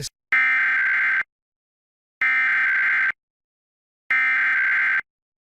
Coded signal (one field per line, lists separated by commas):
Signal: Emergency Alert System (SAME) tones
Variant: header bursts